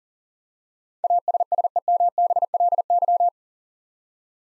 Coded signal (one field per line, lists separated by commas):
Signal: Morse code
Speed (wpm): 37 wpm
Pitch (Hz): 700 Hz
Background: none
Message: ASSEMBLY